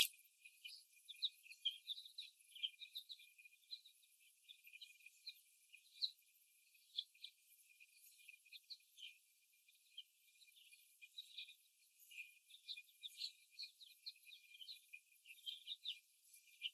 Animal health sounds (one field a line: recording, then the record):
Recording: young laying hens in a cage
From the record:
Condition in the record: before the stressor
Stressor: simulated dog barking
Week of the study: 1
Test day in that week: 1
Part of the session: 3